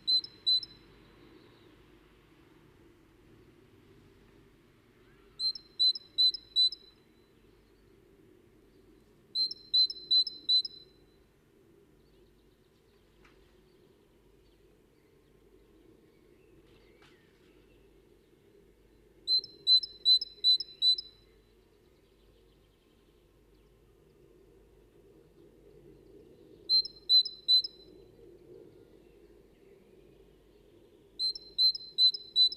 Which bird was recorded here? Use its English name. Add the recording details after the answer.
Great Tit. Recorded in the wild. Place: Kaiserslautern, Rheinland-Pfalz, DE. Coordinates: 49.4247, 7.77889. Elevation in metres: 279. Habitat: garden. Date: 1975-05-08 11:30. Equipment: Nagra IV. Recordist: Tretzel, Erwin. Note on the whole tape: Garten, Kaiserslautern: Lockrufe